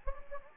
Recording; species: mosquito wingbeat signal from an infrared sensor; Anopheles gambiae